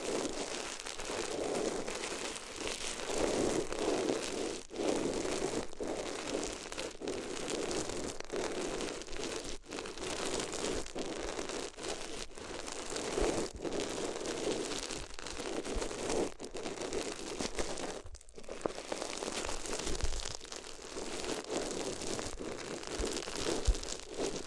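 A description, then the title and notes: Paper is crumpled and crinkled continuously, a dense, crackling rustle that rarely lets up. Brief pauses break the texture every few seconds, with a clear gap near eighteen seconds, and the sound stays mostly mid-pitched with a bright, hissy top. ASMR If You Had Paper Ears (No Talking).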